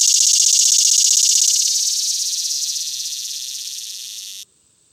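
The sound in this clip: Swamp cicada call, an intense high buzzy rattle with rapid pulses, gradually fading in strength before cutting off abruptly near the end.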